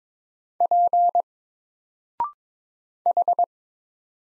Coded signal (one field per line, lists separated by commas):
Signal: Morse code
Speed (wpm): 22 wpm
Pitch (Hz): 700 Hz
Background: none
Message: P H